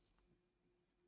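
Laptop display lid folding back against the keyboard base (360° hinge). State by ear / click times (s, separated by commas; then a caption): not seated / none. The display lid of an ASUS Chromebook Flip C302 is folded back on its 360° hinge toward the keyboard base to put it into tablet mode, with only a low steady hum and faint handling rustle heard. Nothing has snapped into place or clicked yet.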